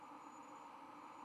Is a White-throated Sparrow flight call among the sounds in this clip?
no